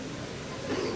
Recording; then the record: coughing mixed with background sound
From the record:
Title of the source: Coughing 77